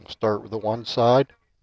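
A second RAM stick is being handled at a motherboard DIMM slot, about to be pushed down on one side, while someone talks. Nothing has seated or clicked yet.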